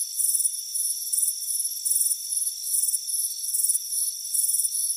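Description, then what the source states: High cricket chirps rattle in brisk, closely spaced pulses over a steady background insect trill. Warm afternoon on a front porch.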